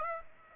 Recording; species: mosquito wingbeat signal from an infrared sensor; Aedes aegypti